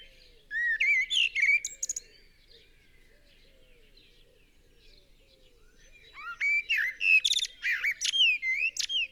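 Common blackbird singing a mellow warbled phrase that breaks into high chirps, then a longer second phrase of fluty notes and thin squeaky twitters after a pause.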